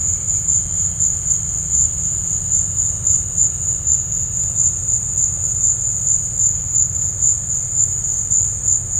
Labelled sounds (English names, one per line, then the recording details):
none
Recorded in dense forest near Puerto Asís, Putumayo, Colombia, on 20 December 2024 at 16:00
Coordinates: 0.468, -76.322
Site G071